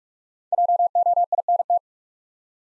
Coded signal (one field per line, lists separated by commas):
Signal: Morse code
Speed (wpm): 44 wpm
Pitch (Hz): 700 Hz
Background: none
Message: JOINT